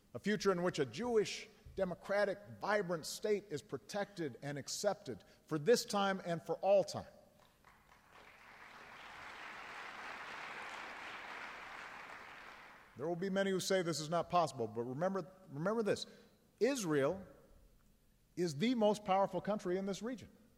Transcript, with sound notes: -- a future in which a Jewish, democratic, vibrant state is protected and accepted for this time and for all time. (Applause.) There will be many who say this change is not possible, but remember this -- Israel is the most powerful country in this region.